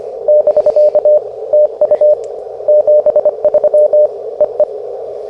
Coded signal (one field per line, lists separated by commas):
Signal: Morse code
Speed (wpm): 25 wpm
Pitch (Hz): 590 Hz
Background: radio noise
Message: <BK> TU 73 EE